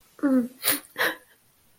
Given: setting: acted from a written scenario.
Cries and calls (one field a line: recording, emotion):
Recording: vocal sound without words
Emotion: shame